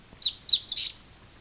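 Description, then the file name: Bird giving three short, high chirps in quick succession, the last one longer. "SABIOD 50 bird 2015"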